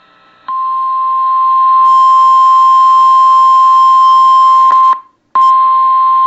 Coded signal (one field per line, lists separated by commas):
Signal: Emergency Alert System (SAME) tones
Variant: 1050 Hz attention tone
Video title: Pre-Independence Day EAS Marathon! July 3, 2022 (EAS#630-650)